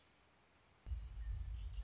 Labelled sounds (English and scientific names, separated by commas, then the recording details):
Red-winged Blackbird (Agelaius phoeniceus)
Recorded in Sonoma County, California